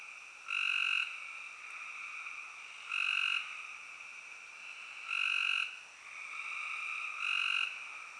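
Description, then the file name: Spring peeper chorus: a continuous high ringing tone broken by four louder, piercing surges spaced roughly two seconds apart. "Peepers"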